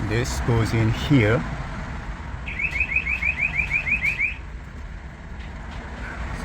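A radio removal key, with its round cutout facing the middle, is lined up and slid into the radio face slot of a 2009-2016 Audi A4/A5 dash, ready to be pushed in to click the locking tab. Someone talks at the start, then a rapid series of rising electronic chirps near 2 kHz sounds from about 2.5 to 4.3 seconds over a steady background hum. Nothing has seated or clicked yet.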